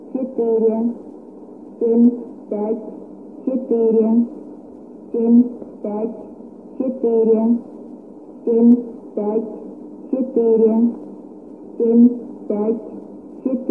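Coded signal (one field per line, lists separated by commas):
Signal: numbers station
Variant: S06s Russian Lady, Russian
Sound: a woman's voice reading short words one by one at regular intervals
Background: radio static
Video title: 09 01 2018 Numbers station S06s Russian Lady in Russian to Eu 1110 on 5975 unknown tx site in CUSB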